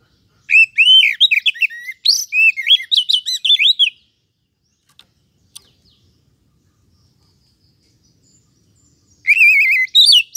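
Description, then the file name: Oriental magpie-robin song: a long varied phrase of sweet whistles and trills lasting over three seconds, a quiet gap with a few clicks, then another whistled phrase begins. "Suara-Kacer-Versi-1"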